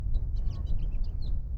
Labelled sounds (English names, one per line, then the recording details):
House Finch song
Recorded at Lawrence on Long Island, New York, on 4 June 1975
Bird C